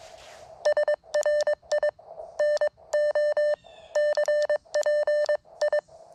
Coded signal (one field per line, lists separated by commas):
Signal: Morse code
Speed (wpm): 22 wpm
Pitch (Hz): 600 Hz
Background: none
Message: SRI NO CPI